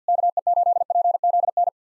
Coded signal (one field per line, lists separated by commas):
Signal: Morse code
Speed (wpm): 49 wpm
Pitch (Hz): 700 Hz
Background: none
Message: KE8PZN